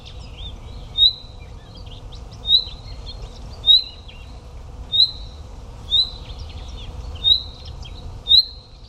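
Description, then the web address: Chaffinch calls: a short, sharp, whistled note with a brief buzzy tail, repeated about every one to one and a half seconds, seven times over a steady low rumble. "Deverinetal"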